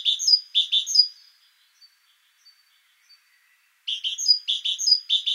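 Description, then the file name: Great tit giving harsh calls: buzzy double notes topped by a high thin note, in two bursts with a pause of over two seconds between them. "Parus major"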